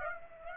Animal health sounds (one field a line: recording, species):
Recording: mosquito wingbeat signal from an infrared sensor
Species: Aedes aegypti